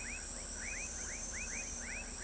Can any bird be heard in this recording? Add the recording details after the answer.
no. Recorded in pastures near Pivijay, Magdalena, Colombia, on 5 June 2023 at 20:00. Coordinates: 10.456, -74.369. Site P6-G026